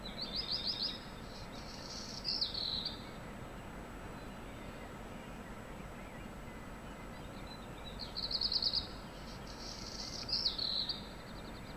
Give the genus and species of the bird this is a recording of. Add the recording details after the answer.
Phoenicurus ochruros. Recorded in the wild. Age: adult. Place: Untertweng, AT. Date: 1972-05-14. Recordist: Brunner, Thomas. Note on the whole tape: Aufnahme: Untertweng, Gegental, Kärnten